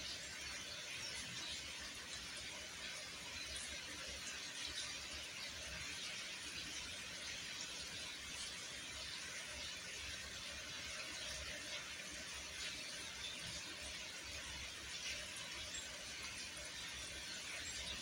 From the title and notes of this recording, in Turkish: Yağmur Sesi.